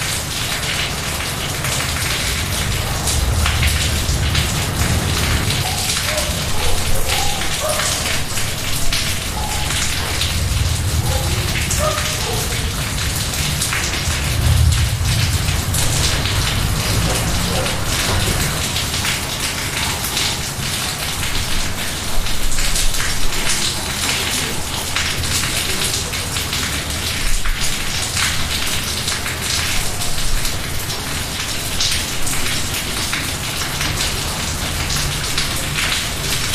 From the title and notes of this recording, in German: Klang lateinamerikanischer Regenschauer. Regenschauers während der Regenzeit in Lateinamerika.